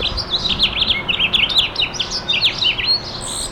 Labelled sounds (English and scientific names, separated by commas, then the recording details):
House Finch (Haemorhous mexicanus) song
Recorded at Freeport on Long Island, New York, on 28 May 2013
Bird C